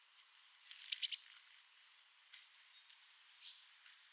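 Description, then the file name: Eurasian blue tit calls: thin high whistled notes, a burst of chirps near one second and a quick descending series of chirps near three seconds, over soft background hiss. "Cyanistes caeruleus"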